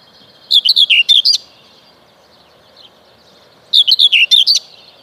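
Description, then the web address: Common whitethroat giving two quick, rasping warbled phrases separated by a short pause, each a tight burst of several buzzy notes. "Przyroda Ptaki Cierniówka"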